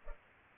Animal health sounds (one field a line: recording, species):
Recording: mosquito wingbeat signal from an infrared sensor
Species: Culex pipiens